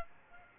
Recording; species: mosquito wingbeat signal from an infrared sensor; Aedes aegypti